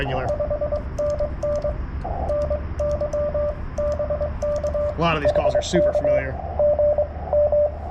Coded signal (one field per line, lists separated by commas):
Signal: Morse code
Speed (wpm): 24 wpm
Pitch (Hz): 590 Hz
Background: speech, radio noise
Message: 5NN NY BK HK GM